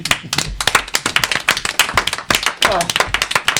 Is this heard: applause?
yes